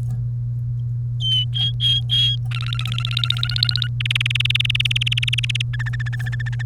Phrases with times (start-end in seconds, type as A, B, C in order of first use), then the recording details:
1.20-2.36 A, 2.51-3.87 B, 4.00-5.62 C, 5.73-6.62 D. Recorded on 30 April 2018 at 16:19. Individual llb3